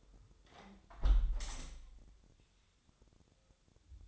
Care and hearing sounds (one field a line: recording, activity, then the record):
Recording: daily activity, microphone in the room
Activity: close window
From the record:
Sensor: 3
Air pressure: 1014.9 hPa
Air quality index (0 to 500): 28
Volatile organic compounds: 1 ppm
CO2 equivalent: 519 ppm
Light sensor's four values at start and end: 10/23/10/9 and 10/23/9/9